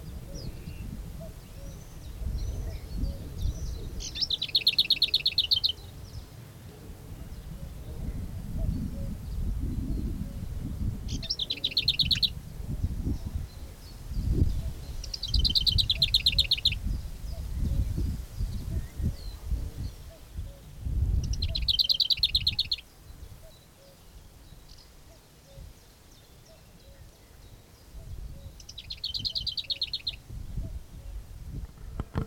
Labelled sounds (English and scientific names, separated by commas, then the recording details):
Lesser Whitethroat (Sylvia curruca)
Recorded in the wild
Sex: male
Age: adult
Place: Blankenfelde, Berlin, DE
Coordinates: 52.645, 13.395
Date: 1992-05-28 11:00
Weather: sonnig, 20-24 °C, böiger Ost-Wind
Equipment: Nagra SN, Mikrofon AKG CK 8, Kopie Tesla B 116
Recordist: Tembrock, Günter
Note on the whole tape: NSG Köppchensee; Gesang (ca. 25 Strophen)